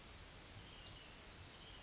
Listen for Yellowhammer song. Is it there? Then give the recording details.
no. Another species is heard